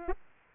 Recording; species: mosquito wingbeat signal from an infrared sensor; Aedes aegypti